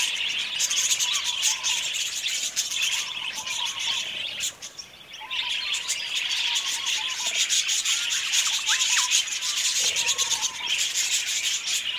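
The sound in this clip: Budgerigars chattering continuously, dense buzzy high twitters and warbles, the chorus dipping briefly quieter before the middle and then resuming.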